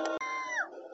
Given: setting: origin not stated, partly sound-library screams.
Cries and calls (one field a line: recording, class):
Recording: one-second piece from a danger detection set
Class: woman in danger